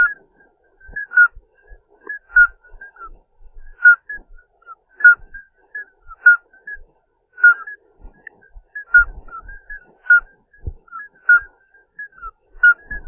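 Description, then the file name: Common midwife toads giving short, pure piping notes, several callers overlapping so a note sounds about every second, with faint low thumps beneath. "Alytes obstetricans"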